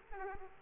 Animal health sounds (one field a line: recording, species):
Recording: mosquito wingbeat signal from an infrared sensor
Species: Aedes aegypti